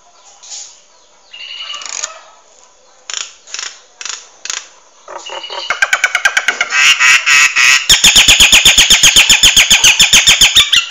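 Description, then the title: Nias hill myna giving scattered harsh notes that build into a long, fast, steady run of loud sharp chips, several each second. Loud, actively singing bird with a thunderous voice; used as a model for training other songbirds. "Burung Jalak Nias Gacor Suara Super Gledek Untuk Masteran"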